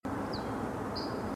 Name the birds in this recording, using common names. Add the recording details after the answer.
Ortolan Bunting. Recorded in France